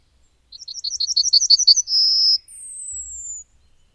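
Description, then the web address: Bird delivering a quick string of high chipping notes, a long steady tone, then a thin, very high whistle gently falling in pitch. "madarak enek"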